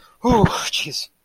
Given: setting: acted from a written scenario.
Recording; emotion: vocal sound without words; distress